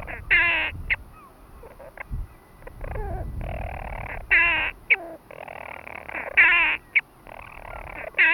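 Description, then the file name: European storm petrel giving loud, harsh, stuttering bursts of calls separated by short quieter churring passages, irregular in rhythm. "Storm Petrel (Hydrobates pelagicus)"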